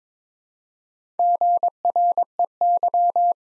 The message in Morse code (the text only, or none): GREY